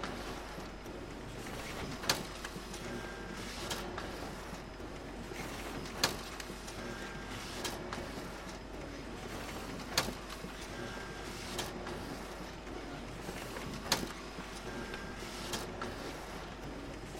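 A printer runs with a steady mechanical whir and rattle. Sharp clicks and clacks land at a regular pace, about every two seconds, as the paper feeds through, with softer shuffling sounds between them.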